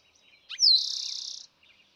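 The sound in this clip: Eastern Towhee singing one phrase, a short note and a sharp falling whistle into a rapid, even trill, with faint soft chips before and after.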